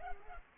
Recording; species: mosquito wingbeat signal from an infrared sensor; Culex pipiens